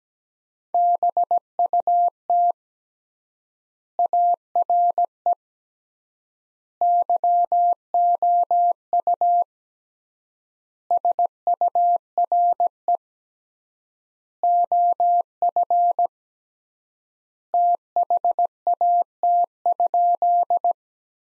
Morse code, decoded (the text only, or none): BUT ARE YOU SURE OF THAT?